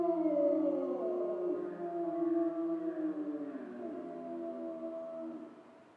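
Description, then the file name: Grey wolf: grey wolves howling in chorus, several long overlapping drawn-out tones that slide and fall, fading toward the end. Wolves in Schorfheide, recorded on 29 October 2015. "Wölfe und Kolkrabe Schorfheide 151029"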